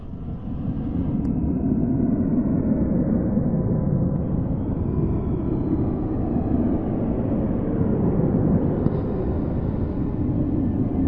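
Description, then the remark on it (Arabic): A steady, deep roar of sea waves washing against a shore, loud and continuous without distinct separate crashes, with no voices. “مسكت النظارة ولسه هقربها من وشي، سمعت صوت بحر خارج من جوه الكتاب.”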